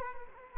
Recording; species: mosquito wingbeat signal from an infrared sensor; Culex quinquefasciatus